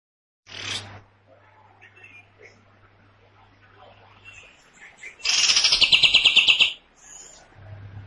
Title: Pikat Masteran Kapas Tembak. Tembakan Panjang Kapas Tembak Gacor Suara Lantang Kasar